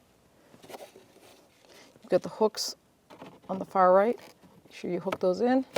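The plastic cabin air filter access cover for a 2011-2021 Jeep Grand Cherokee is handled at the HVAC housing behind the glove box, with its hooks on the far right being hooked in before the clip is pushed home. Someone talks over quiet handling noises in a small space. Nothing has seated or clicked yet.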